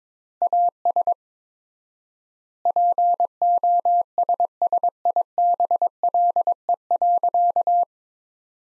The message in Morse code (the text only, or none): AS POSSIBLE.